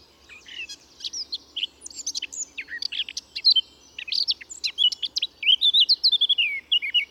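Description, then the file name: Eurasian blackcap song: a long, fast, scratchy warble of varied high notes that grows louder and ends in clearer, fluty whistled phrases. "Sylvia atricapilla"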